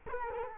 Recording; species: mosquito wingbeat signal from an infrared sensor; Culex quinquefasciatus